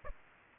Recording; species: mosquito wingbeat signal from an infrared sensor; Aedes aegypti